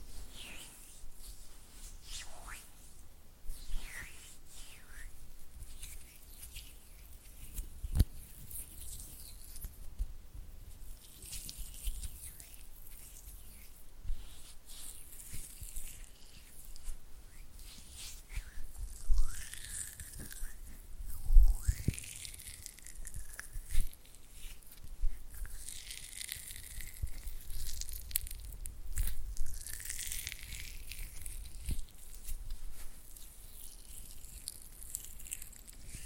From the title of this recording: Oily Hand and Flutter Finger Sounds